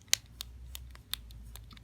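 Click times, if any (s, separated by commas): none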